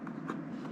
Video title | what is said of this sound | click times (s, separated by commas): unbox DJI mini SE fly more combo | positions where they actually like snap into place | 0.3 s